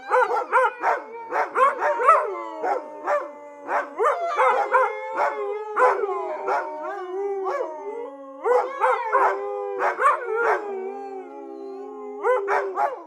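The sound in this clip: Dog barks in a long, busy run of short yelps while drawn-out howling tones glide underneath throughout.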